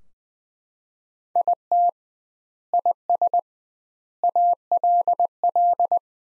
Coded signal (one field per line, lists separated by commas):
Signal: Morse code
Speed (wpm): 21 wpm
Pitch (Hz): 700 Hz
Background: none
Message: IT IS ALL